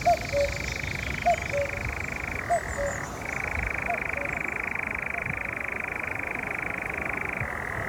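A nightjar on a large heath near Eindhoven gives a steady, unbroken churring trill the whole time, briefly shifting in pitch partway through, while short low croaking calls pop up at intervals underneath.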